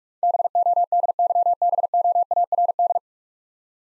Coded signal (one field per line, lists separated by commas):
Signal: Morse code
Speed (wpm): 45 wpm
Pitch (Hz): 700 Hz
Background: none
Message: BODYBOARD